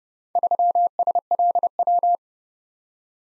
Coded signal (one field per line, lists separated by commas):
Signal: Morse code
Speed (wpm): 30 wpm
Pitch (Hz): 700 Hz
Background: none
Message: 3SLW